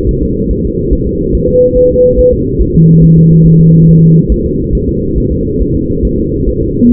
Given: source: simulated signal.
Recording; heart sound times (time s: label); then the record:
fetal heart sounds
0.09 s: S1
0.23 s: S2
0.51 s: S1
0.65 s: S2
0.93 s: S1
1.07 s: S2
1.35 s: S1
1.49 s: S2
1.77 s: S1
1.91 s: S2
2.19 s: S1
2.33 s: S2
2.62 s: S1
2.76 s: S2
3.04 s: S1
3.18 s: S2
3.46 s: S1
3.60 s: S2
3.89 s: S1
4.03 s: S2
4.32 s: S1
4.46 s: S2
4.75 s: S1
4.89 s: S2
5.18 s: S1
5.32 s: S2
5.62 s: S1
5.76 s: S2
6.05 s: S1
6.19 s: S2
6.49 s: S1
6.63 s: S2
6.93 s: S1
From the record:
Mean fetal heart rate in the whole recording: 140 bpm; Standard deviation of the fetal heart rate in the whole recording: 2 bpm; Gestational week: 34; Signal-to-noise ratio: -10.2 dB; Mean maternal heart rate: 72 bpm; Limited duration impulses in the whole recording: present